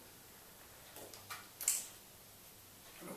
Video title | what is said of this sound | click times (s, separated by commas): My 2004 Harley Dyna Custom Project 2011-2012 #23 | heard a click. | 1.7 s